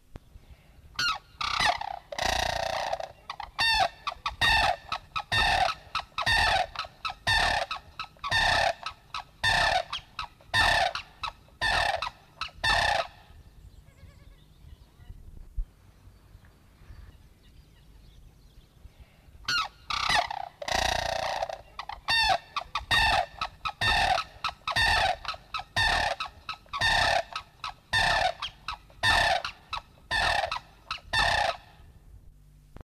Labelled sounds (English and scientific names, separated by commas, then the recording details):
White-naped Crane (Grus vipio) duetting
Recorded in captivity
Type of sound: duetting
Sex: pair
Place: Zoo Münster, DE
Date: 1971-02-13
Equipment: Halbspur, 9,5 cm/s
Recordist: Lütgens, Hans
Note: Duett. Zoo Münster